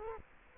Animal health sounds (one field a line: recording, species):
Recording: mosquito wingbeat signal from an infrared sensor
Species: Culex quinquefasciatus